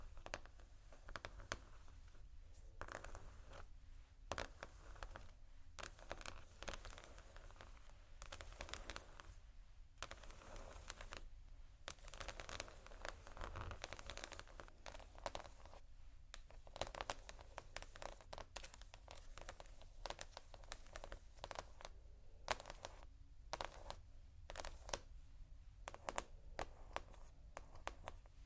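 Slow scratching and tapping on textured surfaces, with dense, irregular bursts of crisp rasping and crinkling running throughout. Sharp taps and scrapes come every second or so, bright and dry, over a faint low rumble that holds steady underneath.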